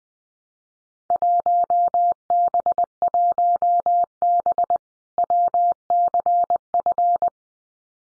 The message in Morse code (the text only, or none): 1B1B WCF